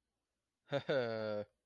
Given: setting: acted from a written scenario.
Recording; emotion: vocal sound without words; pride